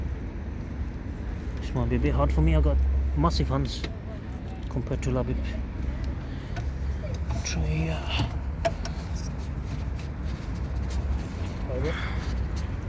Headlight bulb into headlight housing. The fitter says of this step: I don't think that's in. It's too high in it. Needs to click in place.